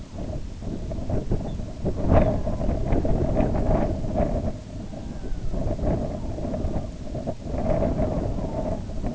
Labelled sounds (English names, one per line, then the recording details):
unidentified sound
Red-throated Loon
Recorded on Arctic tundra, site IGLO-B, on 19 June 2018
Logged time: 23:59